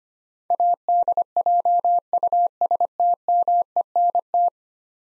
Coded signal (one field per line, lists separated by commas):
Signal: Morse code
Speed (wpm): 25 wpm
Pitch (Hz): 700 Hz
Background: none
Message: ADJUSTMENT